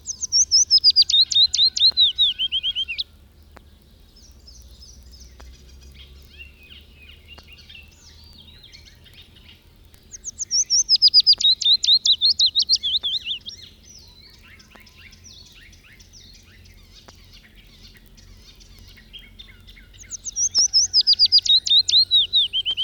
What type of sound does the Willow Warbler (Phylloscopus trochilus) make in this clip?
song